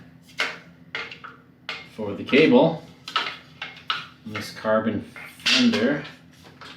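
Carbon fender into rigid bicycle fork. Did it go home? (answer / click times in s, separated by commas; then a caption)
no / none. A carbon fiber fender is handled at its mount on a rigid carbon mountain bike fork, to be pushed in by hand with no tools, while someone talks. Several short, sharp handling taps and knocks sound against the talk, but the clip ends before the fender goes in, and nothing has seated or clicked yet.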